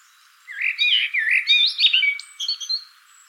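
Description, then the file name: Common blackbird singing a fast warbled phrase of looping fluty notes that breaks into a higher, scratchy twitter at the end. "Turdus merula"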